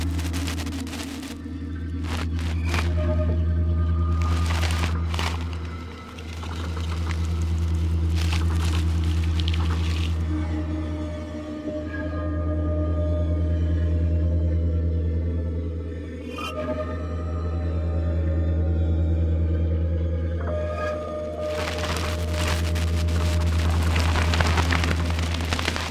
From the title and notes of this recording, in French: Ces vases, généralement utilisés pour la méditation ou la musicothérapie, produisent un son très rapproché de l'onde sinusoïdale. À l'écoute attentive, on remarque cependant nombre de sons parasites issus de leur mise en résonance – frottements, crépitements, faibles sifflements, rendus audibles par l'intermédiaire du microphone. Un orchestre de vaisseaux de cristal de quartz.